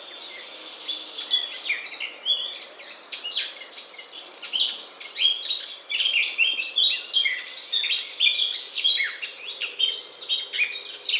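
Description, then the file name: Eurasian blackcap song, a long rambling warble of quick chattering and fluty notes that keeps going steadily, with faint background hiss. "Sylvia atricapilla"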